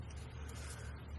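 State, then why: Not seated. A saw blade on a BIBURY Pliers Pro multitool is handled as it is opened toward its frame lock, over a steady low-frequency rumble and broadband background noise with no distinct transients. Nothing has seated or clicked yet; the clip ends before the blade snaps into the frame lock.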